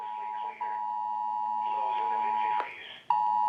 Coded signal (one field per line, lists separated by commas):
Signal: Emergency Alert System (SAME) tones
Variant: 853 and 960 Hz attention tone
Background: speech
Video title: Nationwide Emergency Alert System Test 10/4/23